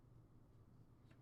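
A sliding door track is handled and maneuvered into position in a display cabinet frame, with the doors and track pulled out to make room. A steady low hum fills the clip, with only a faint brief rustle near 1.1 s. Nothing has seated or snapped into place yet.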